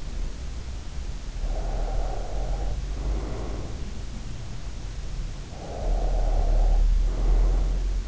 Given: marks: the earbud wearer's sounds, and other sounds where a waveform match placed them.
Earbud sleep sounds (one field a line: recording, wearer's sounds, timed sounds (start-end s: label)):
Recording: sounds in sleep by an in-ear microphone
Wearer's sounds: breath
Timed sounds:
1.29-3.82 s: breath
5.56-8.08 s: breath